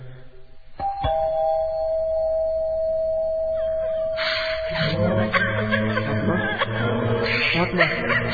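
A doorbell rings once with a sharp strike and a steady, clear tone that hangs for a few seconds before a burst of noisy commotion and voices takes over.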